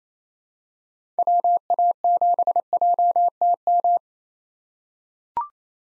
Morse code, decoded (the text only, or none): WA7JTM